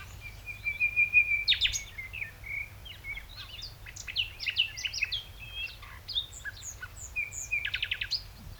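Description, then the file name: Common nightingale song: a sustained whistled note that swells, then varied fluty and chirping phrases, finishing with a rapid burst of repeated percussive notes. "Luscinia megarhynchos"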